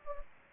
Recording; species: mosquito wingbeat signal from an infrared sensor; Anopheles gambiae